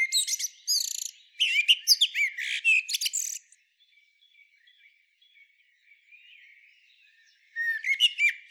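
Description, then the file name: Common blackbird song, a rapid jumble of high twittering notes and squeaky sweeps for about three seconds, then soft faint notes, then another twittering burst. "Turdus merula"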